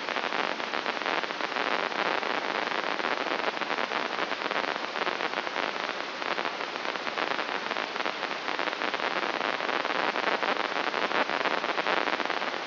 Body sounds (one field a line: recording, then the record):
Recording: brain microelectrode recording played as sound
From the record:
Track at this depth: outside the subthalamic nucleus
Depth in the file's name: 6.429 mm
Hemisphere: left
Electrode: 3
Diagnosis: Parkinson's disease